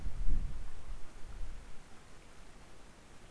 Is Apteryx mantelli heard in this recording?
no